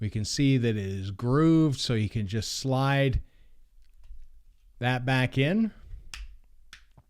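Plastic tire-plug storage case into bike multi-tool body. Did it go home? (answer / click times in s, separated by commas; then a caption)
yes / 6.1 s. Someone talks, then the grooved plastic tire-plug storage case is slid back into the body of a Crankbrothers F16 bike multi-tool. It clicks into place with a sharp snap at 6.1 s, followed by fainter clicks at 6.7 s and 7.0 s, and the case is seated.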